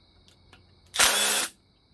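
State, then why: Stripped. A screw is being turned out of the metal housing of a KV100 Trail Boss 100 / TC90 / TC100 hi-low gearbox during disassembly, and its head strips. A faint tick comes at 0.3 s, then a loud, harsh broadband whir runs from about 0.95 to 1.5 s before the sound drops back to quiet. Nothing has clicked or seated, and the screw ends up stripped.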